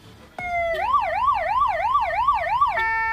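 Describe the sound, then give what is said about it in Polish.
The siren of a motorcycle ambulance, a motorcycle adapted for giving first aid, wails in a rapid, repeating up-and-down sweep, bracketed by a steady high tone at the start and end, with faint engine rumble beneath and no talking. “To jest motoambulans tak zwany, czyli motocykl, który został przystosowany do udzielania pierwszej pomocy, do tego on przede wszystkim służy.”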